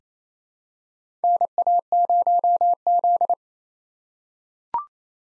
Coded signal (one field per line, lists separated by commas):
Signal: Morse code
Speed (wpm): 27 wpm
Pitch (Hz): 700 Hz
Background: none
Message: NA0Z